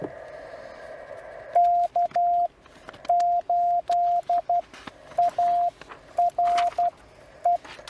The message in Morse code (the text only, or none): K8ARE